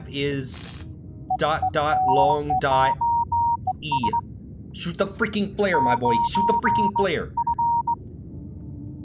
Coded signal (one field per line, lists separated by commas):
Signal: Morse code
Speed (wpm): 19 wpm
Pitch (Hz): 940 Hz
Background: speech, music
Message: SOS 9F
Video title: I HAVE TO USE MORSE CODE TO SAVE MY FRIEND FROM SOMETHING HORRIFYING IN THE OCEAN [R.I.P. TO HIM!!]